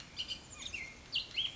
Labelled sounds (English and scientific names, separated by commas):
Bullock's Oriole (Icterus bullockii)